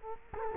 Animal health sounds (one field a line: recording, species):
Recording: mosquito wingbeat signal from an infrared sensor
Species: Culex quinquefasciatus